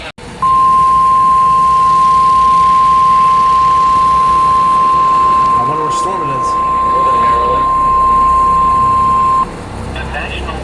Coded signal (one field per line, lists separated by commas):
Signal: Emergency Alert System (SAME) tones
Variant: 1050 Hz attention tone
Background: speech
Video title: PURE MAYHEM 5... | EAS Alerts from 8/2-3/24 | EAS#1,060 - 1,132